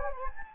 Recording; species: mosquito wingbeat signal from an infrared sensor; Anopheles gambiae